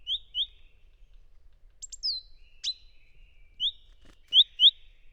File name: szencinege hangja